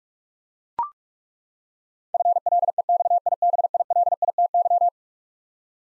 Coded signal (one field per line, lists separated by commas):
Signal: Morse code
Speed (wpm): 41 wpm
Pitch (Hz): 700 Hz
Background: none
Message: FLEXIBILITY